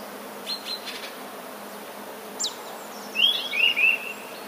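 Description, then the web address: Eurasian nuthatch calls: a few faint high notes, then a quick run of three clear chirps near the end. Recorded on 13 January 2019. "wroblowe kolekcja kowalik 13 01 2019"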